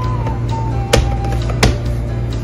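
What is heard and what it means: A plastic wheel cover is lined up hole to hole with its snap catches and pressed onto the wheel of a BMW M5 24V drift-model children's ride-on electric car (SX2118). Two sharp snaps are heard at 0.9 s and 1.6 s over a steady background tone. The cover snaps into place and is seated properly.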